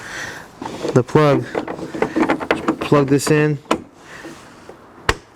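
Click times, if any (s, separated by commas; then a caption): 5.1 s. A wiring harness plug is pushed into the connector at the back of the headlight assembly on a 2019 Subaru Forester while someone talks. A single sharp click at 5.1 s marks the plug seating in the connector.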